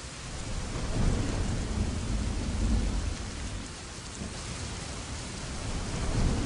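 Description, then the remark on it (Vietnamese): Heavy rain pours steadily in a dense hiss, lashing against a glass window in a sudden storm with strong wind, with deep rolling thunder swelling and rumbling underneath, loudest around the second and third seconds and again at the end. “Ngoài cửa sổ đột nhiên nổi gió to, bão ập đến, nước mưa như roi da quật vào cửa sổ thủy tinh.”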